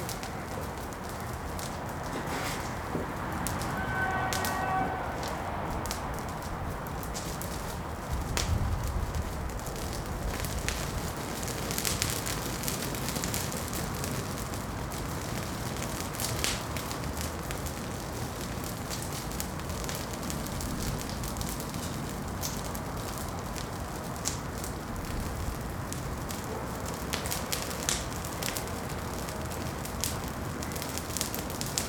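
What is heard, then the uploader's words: A campfire crackles at a cave entrance, with a dense, steady hiss and frequent sharp pops scattered throughout. A low rumble swells briefly around eight seconds, and brighter clusters of snaps come near four, twelve and twenty-eight seconds. Campfire Crackling at the Cave Entrance.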